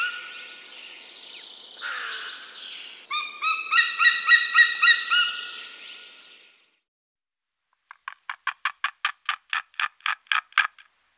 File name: white tailed eagle